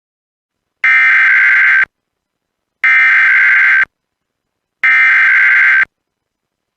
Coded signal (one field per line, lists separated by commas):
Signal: Emergency Alert System (SAME) tones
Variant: header bursts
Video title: EAS Alerts From The Last Two Weeks Of December 2020 (EAS#81-89)